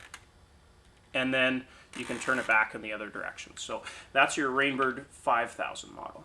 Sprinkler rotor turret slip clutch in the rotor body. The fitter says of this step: what you want to do is turn it until you hear that click